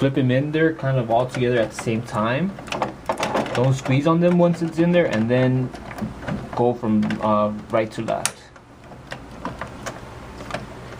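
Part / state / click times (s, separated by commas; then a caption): ink cartridge into printer carriage / seated / 9.1 s, 9.4 s, 9.6 s, 10.5 s. Someone talks while plastic sponge-type HP 564 / HP 920 ink cartridges, with continuous ink supply system tubing attached, are squeezed down one after another, right to left, into the printer carriage. Sharp snaps are heard at about 9.1, 9.5, 9.6 and 10.5 seconds as each cartridge seats in place.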